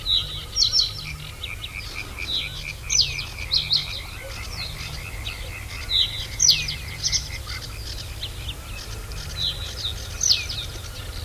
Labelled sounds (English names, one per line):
Reed Bunting